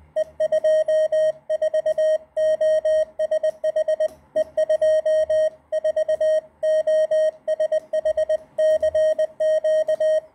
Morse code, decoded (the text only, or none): E24OSH E24OSH CQ